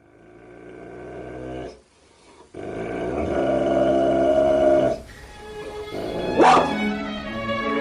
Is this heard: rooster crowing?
no